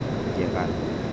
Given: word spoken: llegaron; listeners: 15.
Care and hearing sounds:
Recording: one Spanish word in noise, from a listening test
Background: speech-shaped noise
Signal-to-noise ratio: -4.3 dB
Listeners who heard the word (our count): 0 of 15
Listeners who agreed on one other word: 15 of 15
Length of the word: 0.73 s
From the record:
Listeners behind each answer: 15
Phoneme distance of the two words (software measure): 14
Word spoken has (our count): 3 syllables, 7 phonemes, stress on syllable 2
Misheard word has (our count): 2 syllables, 5 phonemes, stress on syllable 2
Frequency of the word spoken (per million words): 60.42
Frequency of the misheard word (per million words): 242.88

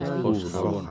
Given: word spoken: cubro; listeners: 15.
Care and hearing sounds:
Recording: one Spanish word in noise, from a listening test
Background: four-talker babble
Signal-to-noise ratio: -0.6 dB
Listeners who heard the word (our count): 0 of 15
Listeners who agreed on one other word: 6 of 15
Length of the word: 0.51 s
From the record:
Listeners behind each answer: 6, 2, 2, 1, 1, 1, 1, 1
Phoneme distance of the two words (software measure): 34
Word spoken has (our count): 2 syllables, 5 phonemes, stress on syllable 1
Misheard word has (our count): 2 syllables, 5 phonemes, stress on syllable 2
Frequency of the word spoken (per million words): 0.22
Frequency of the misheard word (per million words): 7.89

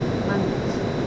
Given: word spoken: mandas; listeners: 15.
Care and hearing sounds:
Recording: one Spanish word in noise, from a listening test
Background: speech-shaped noise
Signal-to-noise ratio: -5.9 dB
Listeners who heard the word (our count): 0 of 15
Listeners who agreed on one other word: 9 of 15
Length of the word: 0.67 s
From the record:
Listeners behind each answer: 9, 3, 2, 1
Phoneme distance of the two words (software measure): 27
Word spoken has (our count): 2 syllables, 6 phonemes, stress on syllable 1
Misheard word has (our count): 2 syllables, 5 phonemes, stress on syllable 1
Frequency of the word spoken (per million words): 1.04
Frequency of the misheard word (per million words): 660.47

